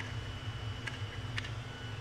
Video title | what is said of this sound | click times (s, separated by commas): How to Build a Mining Rig - Part 6 - Tips on Assembly | me play that back for you so you can hear it click real quick you | 1.4 s